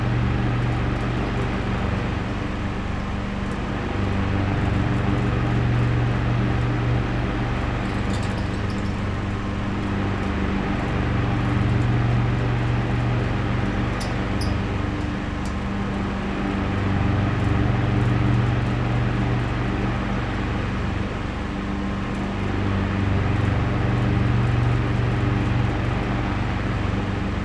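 An old electric fan hums steadily, its low drone swelling and easing in slow waves every several seconds as it oscillates. The sound stays dense and constant, with a soft hiss of moving air above and a few faint clicks near the middle.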